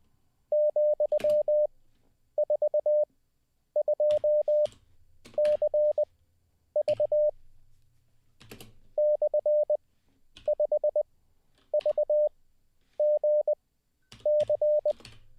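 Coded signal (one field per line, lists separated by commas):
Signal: Morse code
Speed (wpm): 20 wpm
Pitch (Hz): 600 Hz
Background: none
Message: ,42CV /5VGC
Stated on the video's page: Morse practice sent live as part of a daily ten-minute CW learning session.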